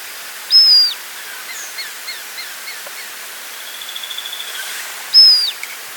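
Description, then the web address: Great black hawk calls: two high, drawn-out whistles with a falling tail, separated by soft chirps and a quick trill. "cantos taguatonegro"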